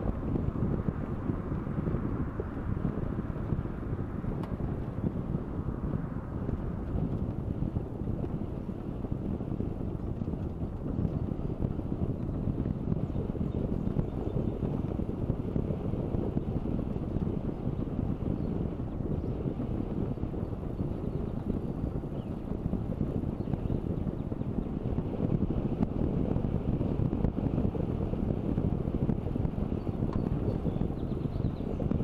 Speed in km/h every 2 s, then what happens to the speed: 22, 22, 22, 23, 22, 23, 23, 23, 24, 24, 24, 24, 25, 24, 24, 23.
0-32 steady at about 23.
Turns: none.